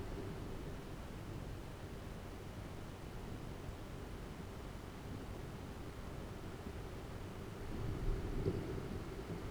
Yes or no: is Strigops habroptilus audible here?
no